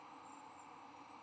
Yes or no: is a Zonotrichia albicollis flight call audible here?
no